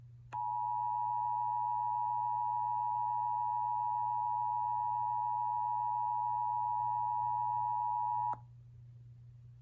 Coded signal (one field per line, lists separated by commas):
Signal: Emergency Alert System (SAME) tones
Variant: 853 and 960 Hz attention tone